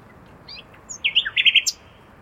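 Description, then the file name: Common nightingale notes: a brief burst of high whistles followed by several loud, quick chirps over a steady background hiss. "Luscinia megarhynchos"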